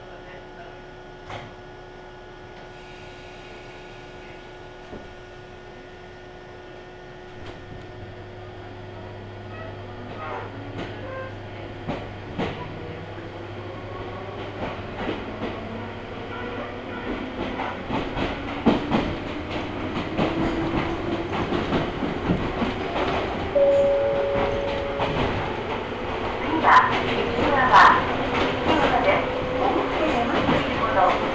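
An Ohmi Railway train ride, starting with a quiet, steady hum and a low drone from about 7 to 16 seconds. From around 18 seconds the train gets louder, with dense rattling and rapid wheel clacks, and brief squealing tones near 24 and 28 seconds.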